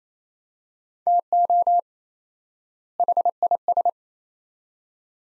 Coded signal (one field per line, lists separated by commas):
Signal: Morse code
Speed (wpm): 27 wpm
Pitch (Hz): 700 Hz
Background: none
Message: TO HIS